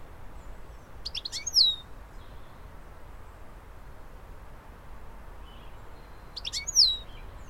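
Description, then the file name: European goldfinch calling, a short burst of high twittering, sweeping notes heard twice, about five seconds apart, over a steady low background hiss. "Carduelis carduelis"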